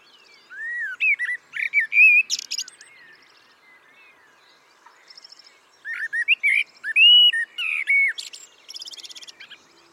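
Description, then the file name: Common blackbird giving two warbling song phrases a few seconds apart, each of clear mellow whistles followed by high squeaky notes. "Turdus merula"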